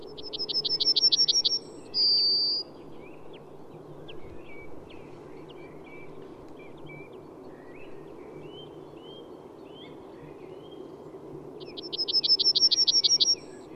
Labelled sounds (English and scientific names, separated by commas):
Yellowhammer (Emberiza citrinella) song